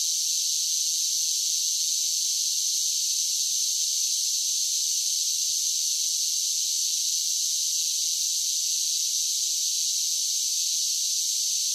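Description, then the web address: Cicada chorus as a continuous shrill drone, even and unchanging from start to finish. Several cicadas singing. "Blast Wave Update 1 Cicadas Sing"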